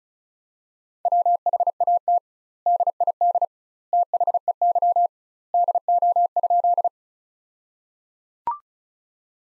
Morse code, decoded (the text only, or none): WHAT DID THEY DO?